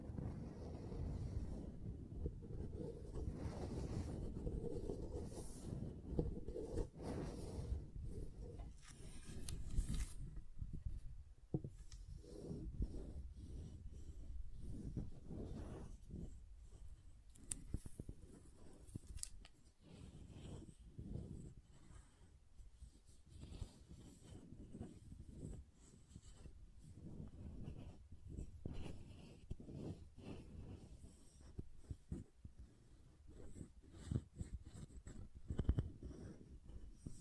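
Soap is tapped and carved in a close run of small scraping and tapping sounds that stays busy the whole time. The first ten seconds carry a heavier, low rubbing texture. After that come sharper, brighter clicks and scrapes at an irregular, fairly quick pace.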